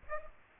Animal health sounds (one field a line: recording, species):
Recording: mosquito wingbeat signal from an infrared sensor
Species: Aedes aegypti